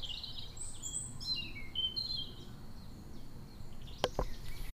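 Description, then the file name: Bird song of high, thin chirps and short descending whistles in the first half, over steady low rumbling background noise, with two sharp clicks near the end. Recorded in a meadow at Poisy on 4 June. "prairie poisy oiseau 4 juin"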